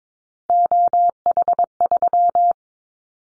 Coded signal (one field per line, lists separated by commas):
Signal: Morse code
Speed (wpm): 22 wpm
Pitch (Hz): 700 Hz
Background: none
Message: OH3